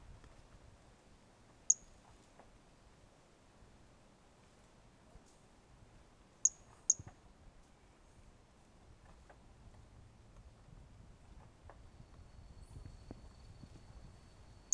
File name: Brachycephalus mirissimus 18 jan 2018 individual 05 ex 05 two initial notes missing L F Ribeiro not collected